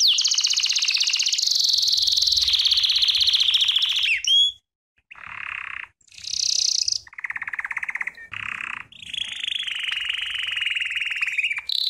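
American Singer canary song: high rapid trills, a pause, then phrases of lower buzzy rolls alternating with higher chattering trills.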